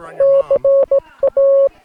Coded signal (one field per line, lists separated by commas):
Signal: Morse code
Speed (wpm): 18 wpm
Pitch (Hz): 550 Hz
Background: speech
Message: CA